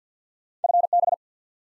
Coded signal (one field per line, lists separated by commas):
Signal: Morse code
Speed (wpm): 50 wpm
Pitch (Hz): 700 Hz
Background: none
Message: FB